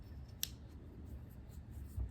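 A part of a Delton DTI AR-15 bolt carrier group is pushed into the bolt carrier during reassembly because it was not fully seated. A sharp metallic click at 0.4 s is heard over low handling rumble, and the part is then fully seated.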